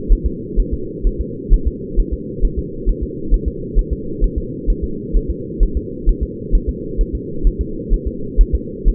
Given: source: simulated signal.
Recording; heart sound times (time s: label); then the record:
fetal heart sounds
0.12 s: S1
0.26 s: S2
0.60 s: S1
0.73 s: S2
1.07 s: S1
1.21 s: S2
1.53 s: S1
1.67 s: S2
1.99 s: S1
2.13 s: S2
2.45 s: S1
2.59 s: S2
2.89 s: S1
3.03 s: S2
3.34 s: S1
3.48 s: S2
3.79 s: S1
3.93 s: S2
4.24 s: S1
4.38 s: S2
4.70 s: S1
4.84 s: S2
5.16 s: S1
5.30 s: S2
5.63 s: S1
5.77 s: S2
6.09 s: S1
6.23 s: S2
6.55 s: S1
6.69 s: S2
7.01 s: S1
7.15 s: S2
7.47 s: S1
7.61 s: S2
7.94 s: S1
8.07 s: S2
8.41 s: S1
8.55 s: S2
8.88 s: S1
From the record:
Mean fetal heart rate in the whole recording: 130 bpm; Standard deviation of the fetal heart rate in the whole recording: 4 bpm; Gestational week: 38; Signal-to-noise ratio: -4.3 dB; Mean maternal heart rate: 72 bpm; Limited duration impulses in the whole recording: absent